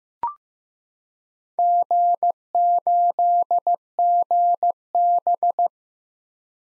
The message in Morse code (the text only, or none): G8GB